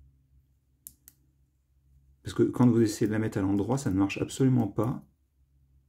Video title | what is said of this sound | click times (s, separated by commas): [CONSTRUCTION] LEGO City : 4x4 Off-Road Ambulance Rescue [FR] | Et là, ça se clipse. | 0.9 s, 1.1 s